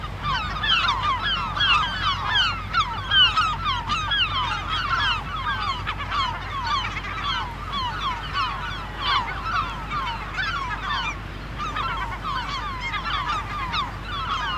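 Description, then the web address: Continuous gull chorus of harsh, down-slurred screams from many birds, rising and falling in intensity throughout. Screaming gulls in the dunes. "KMP Film Video Sound Effects - Krijsende Meeuwen In De Duinen"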